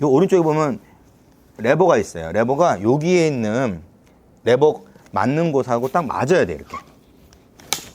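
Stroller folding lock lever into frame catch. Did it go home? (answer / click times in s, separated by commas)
yes / 7.7 s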